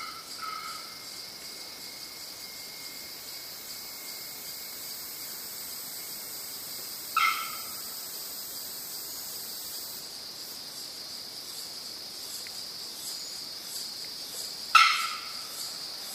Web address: bearded-bellbird زنگمرغ-ریشدار